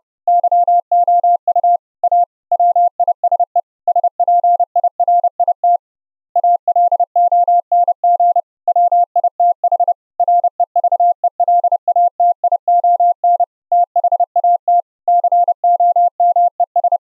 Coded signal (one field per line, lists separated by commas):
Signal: Morse code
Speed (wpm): 30 wpm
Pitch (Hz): 700 Hz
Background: none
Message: YOU A WISE SPIRIT ALONG WITH REVELATION THAT COMES